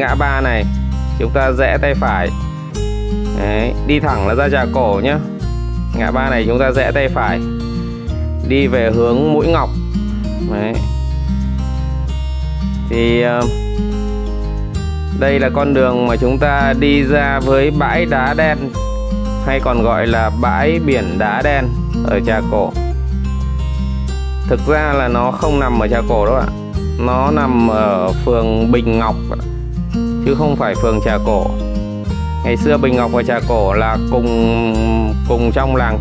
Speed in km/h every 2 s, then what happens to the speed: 54, 46, 44, 46, 52, 56, 56, 57, 57, 56, 56, 57, 58, 59, 60, 59, 60, 61.
0-2 brakes to 46. 5-10 speeds up to 56. 10-36 steady at about 57.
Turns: none.